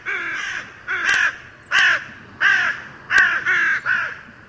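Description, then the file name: Carrion crow cawing: seven harsh, hoarse caws in quick, uneven succession, some paired closely, with a few sharp clicks over them. "Corvus corone"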